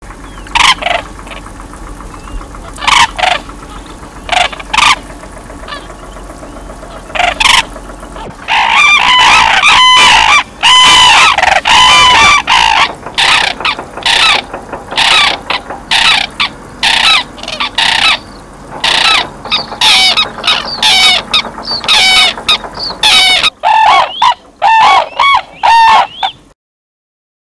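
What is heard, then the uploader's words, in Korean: Cranes call over a winter field during courtship, starting with a few separate loud, ringing notes. From about eight seconds the trumpeting turns dense and rapid, with overlapping bugling calls until it stops abruptly near the end. 겨울 들판 두루미 구애하는 영상.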